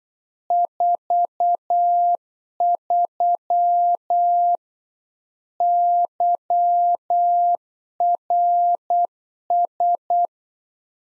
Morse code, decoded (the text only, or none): 43 YRS